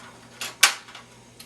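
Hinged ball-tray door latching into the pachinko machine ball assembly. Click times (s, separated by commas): 0.6 s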